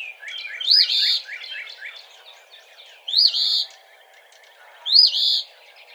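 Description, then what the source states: Eastern phoebe repeating its hoarse, two-noted fee-bee three times, while a quick run of chips fills the gaps early on. Recorded on 17 March 2007.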